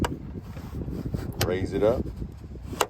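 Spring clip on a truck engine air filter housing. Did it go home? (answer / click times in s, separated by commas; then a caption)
yes / 2.8 s. On a Toyota Tundra truck, with the new engine air filter in and the housing lid lowered, a metal spring clip on the plastic air box is raised and snapped over the lid while someone talks. One sharp snap at 2.8 s marks the clip seating in place.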